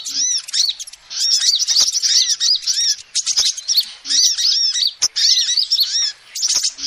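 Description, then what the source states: Lovebird chatter: rapid shrill twittering and repeated arched squeaks in bursts of a second or two, punctuated by sharp clicks. Used as a lure (pikat) to trap birds.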